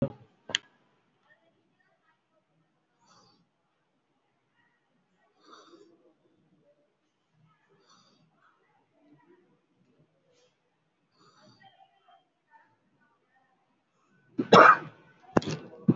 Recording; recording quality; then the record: shallow breathing; excellent, no background noise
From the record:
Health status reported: COVID-19 positive, moderate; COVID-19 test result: positive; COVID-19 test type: RT-PCR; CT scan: taken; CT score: 5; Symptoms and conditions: cough, cold, breathing difficulty, sore throat, fever, fatigue, diarrhoea, another respiratory illness, hypertension, diabetes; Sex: male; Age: 72 years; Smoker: no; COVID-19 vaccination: both doses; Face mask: worn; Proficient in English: yes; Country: India